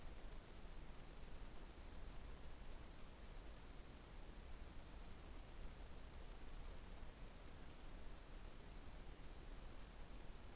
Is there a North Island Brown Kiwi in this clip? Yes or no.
no